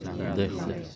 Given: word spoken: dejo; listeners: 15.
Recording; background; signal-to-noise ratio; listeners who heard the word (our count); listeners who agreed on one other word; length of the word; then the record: one Spanish word in noise, from a listening test; eight-talker babble; 0.6 dB; 2 of 15; 6 of 15; 0.56 s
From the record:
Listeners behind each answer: 6, 2, 2, 1, 1, 1, 1, 1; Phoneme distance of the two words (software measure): 17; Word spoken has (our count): 2 syllables, 4 phonemes, stress on syllable 1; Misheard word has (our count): 2 syllables, 5 phonemes, stress on syllable 1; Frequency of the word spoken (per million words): 14.25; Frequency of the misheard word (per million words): 5.08